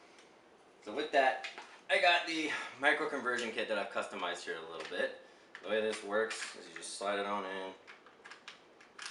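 Someone talks while handling a micro conversion kit that has been customized, beginning to slide a pistol into the kit's chassis. A few faint taps and clicks follow between about 8.0 and 8.8 seconds, but the clip ends before the pistol locks in, so nothing has seated or clicked home yet.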